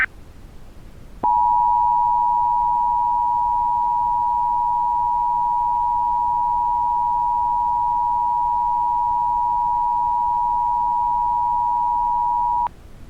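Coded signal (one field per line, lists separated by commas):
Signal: Emergency Alert System (SAME) tones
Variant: 853 and 960 Hz attention tone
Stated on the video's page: Simulated EAS test for a fictional Pokémon region.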